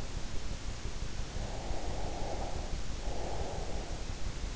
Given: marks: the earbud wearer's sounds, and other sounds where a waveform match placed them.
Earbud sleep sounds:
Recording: sounds in sleep by an in-ear microphone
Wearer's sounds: breath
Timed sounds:
1.51-3.64 s: breath

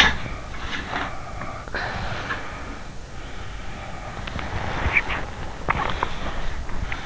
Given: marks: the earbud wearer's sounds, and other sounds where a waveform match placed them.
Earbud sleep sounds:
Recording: sounds in sleep by an in-ear microphone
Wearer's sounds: body movement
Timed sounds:
0.00-3.12 s: sound from someone else or the room
3.40-6.81 s: body movement

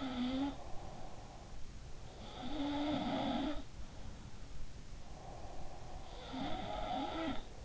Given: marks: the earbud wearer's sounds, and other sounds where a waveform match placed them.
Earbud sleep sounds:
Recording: sounds in sleep by an in-ear microphone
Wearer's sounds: breath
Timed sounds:
0.00-1.52 s: sound from someone else or the room
0.19-1.98 s: breath
1.98-4.58 s: sound from someone else or the room
4.81-6.40 s: breath
6.14-7.65 s: sound from someone else or the room

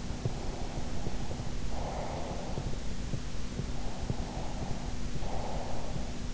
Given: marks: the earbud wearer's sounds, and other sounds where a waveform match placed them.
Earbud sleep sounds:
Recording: sounds in sleep by an in-ear microphone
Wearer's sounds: breath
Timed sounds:
0.11-2.57 s: breath
3.63-5.97 s: breath

